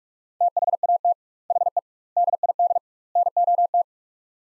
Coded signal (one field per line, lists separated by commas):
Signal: Morse code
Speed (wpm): 47 wpm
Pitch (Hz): 700 Hz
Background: none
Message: THAT HE DID NOT